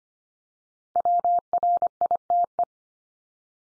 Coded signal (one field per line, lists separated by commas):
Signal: Morse code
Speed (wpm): 25 wpm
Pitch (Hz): 700 Hz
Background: none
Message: WRITE